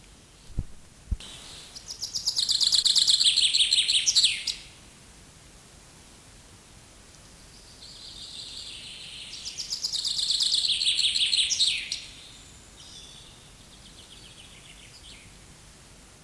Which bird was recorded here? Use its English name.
Common Chaffinch